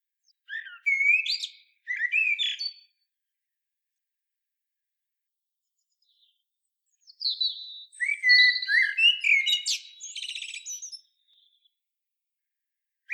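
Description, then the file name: Common blackbird with a short warbled phrase early, then a longer, richer phrase of mixed whistles and scratchy twitters after a long silence. "Turdus merula"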